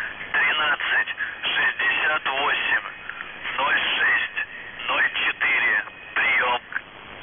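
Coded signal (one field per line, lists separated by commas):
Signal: numbers station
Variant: UVB-76, Russian voice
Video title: [UVB-76, The Buzzer] Voice Message; 16. April 2021, 08:07 UTC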